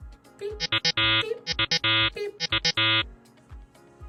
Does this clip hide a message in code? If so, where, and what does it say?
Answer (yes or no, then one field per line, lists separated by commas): no